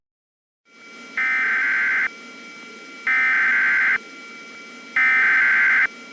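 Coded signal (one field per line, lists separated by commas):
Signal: Emergency Alert System (SAME) tones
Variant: header bursts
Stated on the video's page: Fictional zombie-themed EAS scenario recreation with valid SAME tones.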